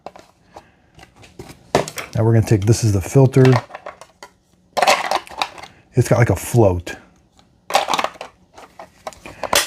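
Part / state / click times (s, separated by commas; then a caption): filter with float into robot vacuum base station / seated / 9.6 s. Someone talks while handling the cleaned filter, which has a float, for the base station of a Roborock Qrevo Master robot vacuum and mop, with scattered light plastic knocks and clatters throughout. The filter is pressed back into the base station and snaps into place with a sharp click at 9.6 s.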